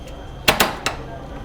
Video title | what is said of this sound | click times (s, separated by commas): Installing a Table Slide Mount underneath your Roof Rack – Rhino-Rack Pioneer & Front Runner | and just push on this side until you hear the click | 0.5 s